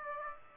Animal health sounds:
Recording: mosquito wingbeat signal from an infrared sensor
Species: Aedes aegypti

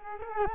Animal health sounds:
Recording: mosquito wingbeat signal from an infrared sensor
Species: Culex quinquefasciatus

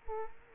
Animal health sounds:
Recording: mosquito wingbeat signal from an infrared sensor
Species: Culex quinquefasciatus

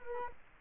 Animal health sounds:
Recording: mosquito wingbeat signal from an infrared sensor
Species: Culex quinquefasciatus

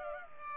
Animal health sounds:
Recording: mosquito wingbeat signal from an infrared sensor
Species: Culex pipiens

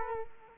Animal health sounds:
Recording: mosquito wingbeat signal from an infrared sensor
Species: Culex quinquefasciatus

